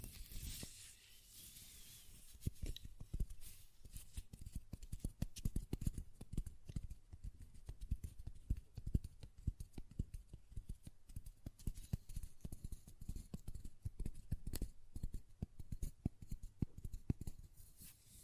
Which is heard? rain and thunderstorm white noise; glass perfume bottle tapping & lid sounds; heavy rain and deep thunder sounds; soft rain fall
glass perfume bottle tapping & lid sounds